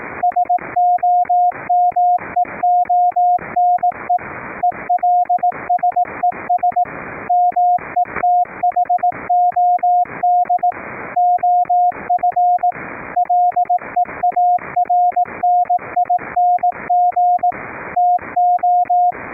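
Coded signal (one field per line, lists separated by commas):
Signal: Morse code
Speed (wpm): 18 wpm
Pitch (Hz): 710 Hz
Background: radio noise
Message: SOMEONE ELSES METHOD OF LEARNING TO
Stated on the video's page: CW sent over a LAN via NETJACK1 audio-over-IP to a remote rig, keyed by an audio-derived PTT circuit using RECRI keyer software.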